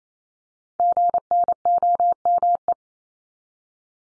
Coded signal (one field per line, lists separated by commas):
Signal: Morse code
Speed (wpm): 28 wpm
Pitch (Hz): 700 Hz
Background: none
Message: GNOME